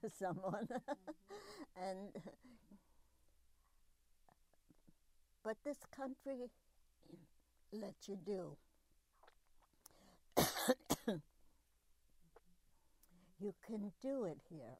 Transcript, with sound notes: someone! But this country lets you do. [coughs] You can do it here.